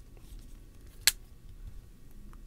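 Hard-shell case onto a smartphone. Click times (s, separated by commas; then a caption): 1.1 s. A Seidio hard-shell case is pressed onto a Samsung Galaxy S8 or S8 Plus smartphone and snaps into place with a single sharp, loud click at 1.1 s. Only a few faint ticks sit in the quiet background before and after, and the case is seated.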